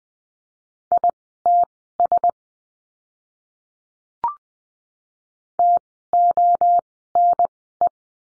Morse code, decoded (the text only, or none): ITS TONE